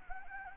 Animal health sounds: mosquito wingbeat signal from an infrared sensor; Anopheles gambiae

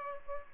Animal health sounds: mosquito wingbeat signal from an infrared sensor; Aedes aegypti

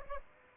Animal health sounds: mosquito wingbeat signal from an infrared sensor; Aedes aegypti

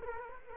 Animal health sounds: mosquito wingbeat signal from an infrared sensor; Culex quinquefasciatus

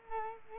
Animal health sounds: mosquito wingbeat signal from an infrared sensor; Culex quinquefasciatus

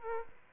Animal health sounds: mosquito wingbeat signal from an infrared sensor; Aedes albopictus

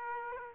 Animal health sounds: mosquito wingbeat signal from an infrared sensor; Aedes aegypti

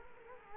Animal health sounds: mosquito wingbeat signal from an infrared sensor; Culex quinquefasciatus

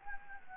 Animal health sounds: mosquito wingbeat signal from an infrared sensor; Anopheles gambiae

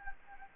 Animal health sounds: mosquito wingbeat signal from an infrared sensor; Anopheles gambiae

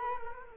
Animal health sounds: mosquito wingbeat signal from an infrared sensor; Culex quinquefasciatus

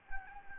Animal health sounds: mosquito wingbeat signal from an infrared sensor; Anopheles gambiae

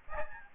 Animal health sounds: mosquito wingbeat signal from an infrared sensor; Aedes albopictus

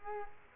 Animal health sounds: mosquito wingbeat signal from an infrared sensor; Culex quinquefasciatus

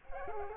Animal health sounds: mosquito wingbeat signal from an infrared sensor; Culex quinquefasciatus

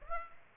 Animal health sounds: mosquito wingbeat signal from an infrared sensor; Aedes aegypti

